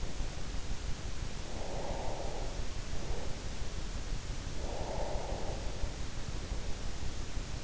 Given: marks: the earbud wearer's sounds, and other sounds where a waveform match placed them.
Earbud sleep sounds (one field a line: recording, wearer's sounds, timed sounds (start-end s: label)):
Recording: sounds in sleep by an in-ear microphone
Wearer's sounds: breath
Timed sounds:
1.40-2.79 s: breath
4.41-6.06 s: breath